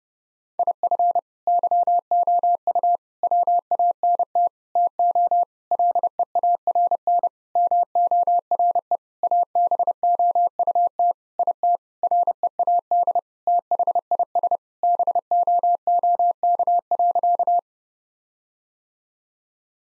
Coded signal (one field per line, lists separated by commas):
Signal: Morse code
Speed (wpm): 30 wpm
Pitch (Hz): 700 Hz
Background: none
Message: IF YOU WANT TO LEARN MORE ABOUT IT READ THIS BOOK.